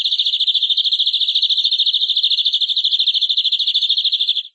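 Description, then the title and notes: Canary song, a fast rolling trill of bright repeated notes, about two hundred per minute, held steadily for over four seconds before fading. "BM Suara Burung Kenari"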